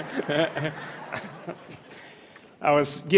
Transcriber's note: applause